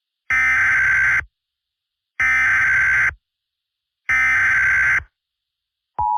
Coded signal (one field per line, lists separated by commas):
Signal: Emergency Alert System (SAME) tones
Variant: header bursts